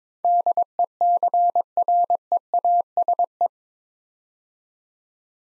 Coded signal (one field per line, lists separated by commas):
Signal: Morse code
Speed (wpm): 22 wpm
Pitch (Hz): 700 Hz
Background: none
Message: DECREASE